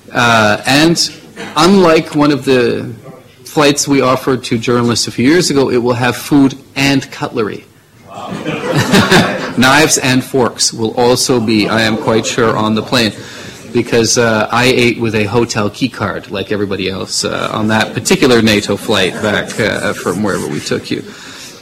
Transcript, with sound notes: and unlike one of the flights we offered to journalists a few years ago, it will have food and cutlery.
Wow!
(LAUGHTER)
Knives and forks will also be I am quite sure on the plane. Because I ate with a hotel key card, like everybody else on that particular NATO flight back… from wherever we took you.